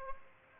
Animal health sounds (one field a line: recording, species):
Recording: mosquito wingbeat signal from an infrared sensor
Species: Aedes aegypti